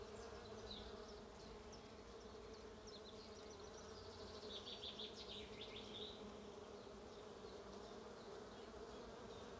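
Bees buzzing in a dense, steady hum with layered low tones, while bird chirps come in short bursts in the background.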